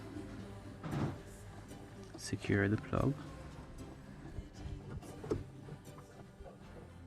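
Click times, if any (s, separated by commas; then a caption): none. A new comfort access antenna probe for a BMW F30 is being handled at its mount in the door handle, ready to be pushed up into place. Someone talks while brief handling knocks and rustles are heard, the loudest around 0.8 s. Nothing has seated or clicked yet.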